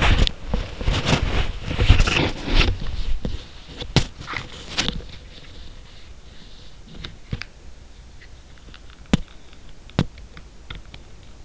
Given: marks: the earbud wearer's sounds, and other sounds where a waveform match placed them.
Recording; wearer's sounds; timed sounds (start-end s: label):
sounds in sleep by an in-ear microphone; body movement
0.00-11.45 s: body movement